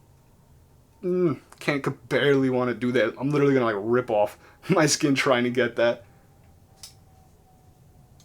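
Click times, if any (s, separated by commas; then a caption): none. Someone talks from about 1 to 6 seconds while trying to flip open the blade of a Sencut Bronte folding knife using its top-mounted front flipper. The blade does not swing fully open and does not lock against the liner lock, so nothing has clicked or locked yet; only a brief faint tap is heard around 6.8 s.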